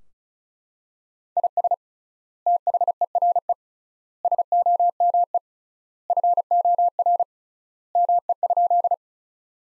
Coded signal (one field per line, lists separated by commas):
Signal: Morse code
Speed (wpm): 36 wpm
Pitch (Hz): 700 Hz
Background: none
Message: IS THERE SOME FOR ME?